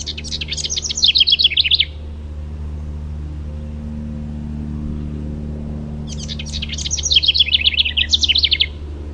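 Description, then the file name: House wren singing two fast, jumbled chattering phrases about six seconds apart, each tumbling and buzzy, with a constant low background hum. "HOWR song"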